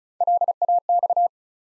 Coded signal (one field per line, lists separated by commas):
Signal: Morse code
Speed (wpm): 36 wpm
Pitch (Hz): 700 Hz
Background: none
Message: LAX